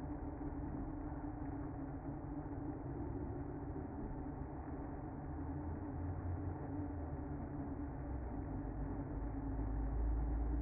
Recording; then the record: honeybee colony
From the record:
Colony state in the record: active